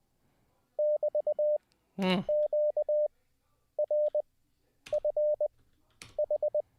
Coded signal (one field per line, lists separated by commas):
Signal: Morse code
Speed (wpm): 20 wpm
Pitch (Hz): 600 Hz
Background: none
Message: <BT>QRFH